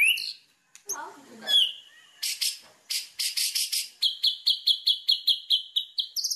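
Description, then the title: White-rumped shama song: a few swooping whistles and a low scratchy note, then crisp repeated chips settling into a steady, evenly spaced high series. Lure sound meant to make wild birds respond; the bird sings constantly and energetically. "PANCINGAN MURAI BATU GACOR"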